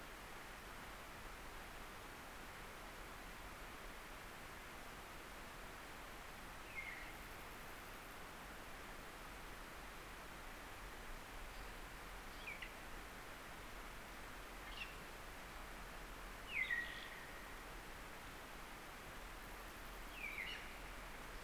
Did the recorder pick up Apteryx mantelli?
no